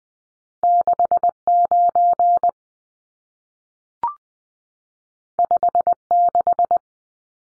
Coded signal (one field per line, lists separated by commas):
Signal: Morse code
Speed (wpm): 20 wpm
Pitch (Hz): 700 Hz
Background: none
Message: 69 56